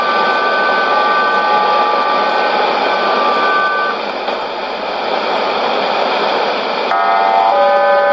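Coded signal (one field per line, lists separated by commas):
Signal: numbers station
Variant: HM01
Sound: shortwave hiss with a chord of several steady data tones that shift pitch near the end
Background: radio static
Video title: 10 12 2014 Cuban Spy HM01 in Spanish 0705 on 9330, probably via Bauta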